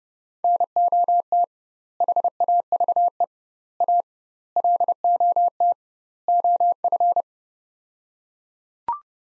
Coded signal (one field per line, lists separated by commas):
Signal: Morse code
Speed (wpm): 31 wpm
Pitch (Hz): 700 Hz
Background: none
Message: NOT HAVE A LOT OF